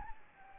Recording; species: mosquito wingbeat signal from an infrared sensor; Anopheles gambiae